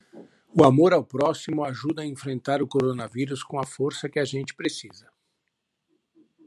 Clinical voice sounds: spoken sentence; Brazilian Portuguese; male; 50 to 59 years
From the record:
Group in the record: control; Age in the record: 52 years

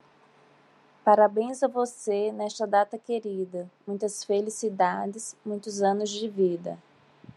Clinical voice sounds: short text; Brazilian Portuguese; female; 40 to 49 years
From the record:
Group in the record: control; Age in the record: 41 years

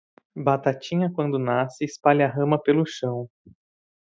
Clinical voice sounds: short text; Brazilian Portuguese; male; 30 to 39 years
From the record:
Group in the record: control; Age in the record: 31 years

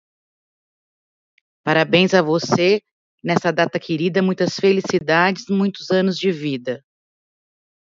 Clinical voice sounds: short text; Brazilian Portuguese; female; 40 to 49 years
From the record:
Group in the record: control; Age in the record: 49 years

